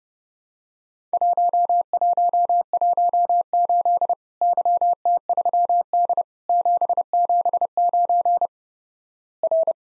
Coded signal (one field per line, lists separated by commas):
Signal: Morse code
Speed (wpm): 29 wpm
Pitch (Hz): 700 Hz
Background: none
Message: 1118 YT3D 779 R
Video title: Worked All Europe DX Contest QTC Exchange 30wpm